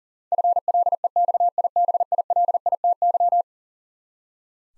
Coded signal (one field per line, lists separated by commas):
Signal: Morse code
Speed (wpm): 37 wpm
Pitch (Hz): 700 Hz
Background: none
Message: FLEXIBILITY